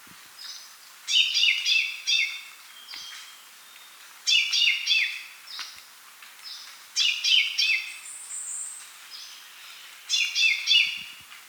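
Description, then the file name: Common chaffinch delivering four brisk trilled song phrases about every three seconds; a thin high whistle sounds once near the end of the third phrase. "Fringilla coelebs"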